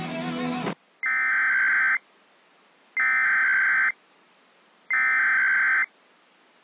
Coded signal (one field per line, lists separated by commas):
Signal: Emergency Alert System (SAME) tones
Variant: header bursts